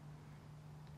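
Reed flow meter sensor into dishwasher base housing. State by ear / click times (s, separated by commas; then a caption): not seated / none. A new plastic reed flow meter sensor is handled and slotted into the base housing of a Bosch dishwasher, bottom half first and then the top. A steady low hum runs through the second under faint background noise, with a brief soft high tone near 0.9 s. The sensor has not clicked into place yet.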